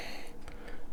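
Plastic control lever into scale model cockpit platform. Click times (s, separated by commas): 0.5 s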